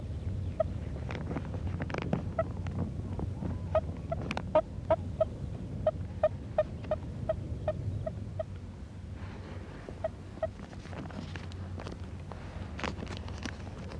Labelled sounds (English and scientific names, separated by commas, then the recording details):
Moor Frog (Rana arvalis) call
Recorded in captivity
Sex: female
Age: adult
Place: Kremmener Luch, Brandenburg, DE
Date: 1965-04-01 15:00
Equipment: Grundig TK 4, Kopie BG 20/6
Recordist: Schubert, Michael
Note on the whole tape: Kopulierendes Paar im Kunststoffbeutel mit Wasser, Rufe vom Weibchen